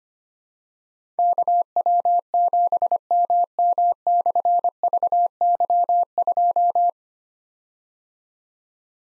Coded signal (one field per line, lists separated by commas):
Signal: Morse code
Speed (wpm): 25 wpm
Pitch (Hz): 700 Hz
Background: none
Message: KW7MM/VY2